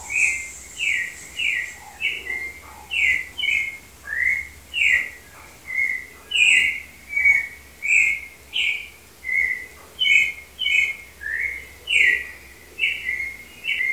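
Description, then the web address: Clay-colored thrush delivering a long, flowing song of varied whistled phrases, rising and falling, about one and a half per second throughout, with light background noise. "Cantos Turdus-grayi"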